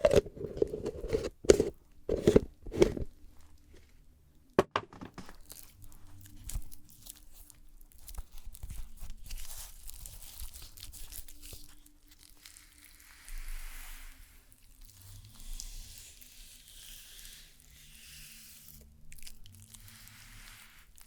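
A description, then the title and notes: Spa stone treatment opens with a few loud, sharp knocks and crunchy clacks in the first five seconds, then soft rustling and faint brushing continues. ASMR The BEST Stone SPA Treatment Spa Therapist Pampering You (Layered sounds & No Talking).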